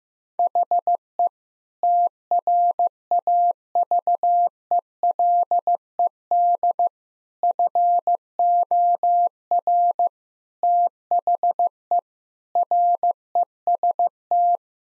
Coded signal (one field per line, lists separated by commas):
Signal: Morse code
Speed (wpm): 16 wpm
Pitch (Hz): 700 Hz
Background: none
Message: HE TRAVELED FOR THE REST